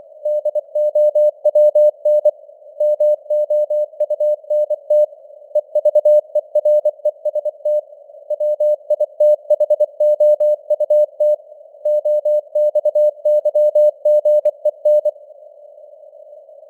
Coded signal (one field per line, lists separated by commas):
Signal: Morse code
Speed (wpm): 24 wpm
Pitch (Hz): 600 Hz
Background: none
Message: DOWN MOUNT EVEREST WITHOUT OXYGEN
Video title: Morse Code News | 26.09.2025 | 24wpm